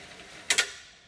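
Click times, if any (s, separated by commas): 0.5 s, 0.6 s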